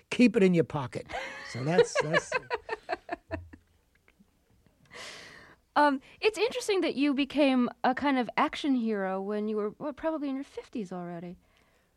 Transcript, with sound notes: He said, keep it in your pocket. So that's - that's...
(Laughing) It's interesting that you became a kind of action hero when you were - what? - probably in your 50s already.